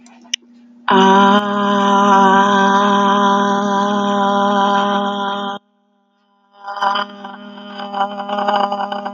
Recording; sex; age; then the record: vowel held as long as possible; female; 40 to 49 years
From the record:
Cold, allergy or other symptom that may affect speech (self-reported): no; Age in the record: 40 years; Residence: Ohio, United States